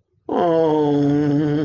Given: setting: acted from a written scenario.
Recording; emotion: vocal sound without words; sadness